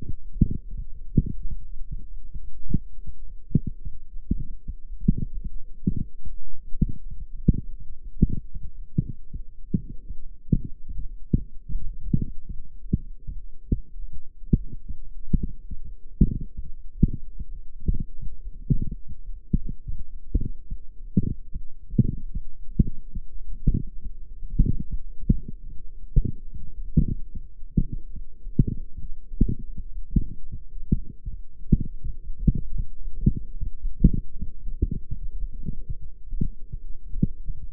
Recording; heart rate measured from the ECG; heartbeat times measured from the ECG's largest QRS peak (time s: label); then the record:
heart sounds by microphone in the right ear; 104 bpm
0.51 s: heartbeat
1.11 s: heartbeat
1.70 s: heartbeat
2.29 s: heartbeat
2.87 s: heartbeat
3.46 s: heartbeat
4.05 s: heartbeat
4.63 s: heartbeat
5.21 s: heartbeat
5.80 s: heartbeat
6.39 s: heartbeat
6.98 s: heartbeat
7.56 s: heartbeat
8.14 s: heartbeat
8.72 s: heartbeat
9.30 s: heartbeat
9.87 s: heartbeat
10.45 s: heartbeat
11.03 s: heartbeat
11.61 s: heartbeat
12.19 s: heartbeat
12.77 s: heartbeat
13.36 s: heartbeat
13.94 s: heartbeat
14.53 s: heartbeat
15.12 s: heartbeat
15.71 s: heartbeat
16.30 s: heartbeat
16.89 s: heartbeat
17.48 s: heartbeat
18.06 s: heartbeat
18.64 s: heartbeat
19.23 s: heartbeat
19.80 s: heartbeat
20.39 s: heartbeat
20.97 s: heartbeat
21.54 s: heartbeat
22.12 s: heartbeat
22.70 s: heartbeat
23.28 s: heartbeat
23.85 s: heartbeat
24.43 s: heartbeat
25.00 s: heartbeat
25.57 s: heartbeat
26.14 s: heartbeat
26.72 s: heartbeat
27.28 s: heartbeat
27.85 s: heartbeat
28.42 s: heartbeat
28.99 s: heartbeat
29.56 s: heartbeat
30.12 s: heartbeat
30.69 s: heartbeat
31.26 s: heartbeat
31.83 s: heartbeat
32.38 s: heartbeat
32.94 s: heartbeat
33.50 s: heartbeat
34.05 s: heartbeat
34.60 s: heartbeat
35.15 s: heartbeat
35.71 s: heartbeat
36.26 s: heartbeat
36.82 s: heartbeat
37.37 s: heartbeat
From the record:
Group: healthy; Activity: light exercise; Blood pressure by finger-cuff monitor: 141/75 mmHg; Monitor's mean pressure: 99 mmHg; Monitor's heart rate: 103 bpm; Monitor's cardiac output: 9.8 L/min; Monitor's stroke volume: 95 mL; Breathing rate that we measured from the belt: 25 breaths a minute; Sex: female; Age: 32 years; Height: 172 cm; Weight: 71.7 kg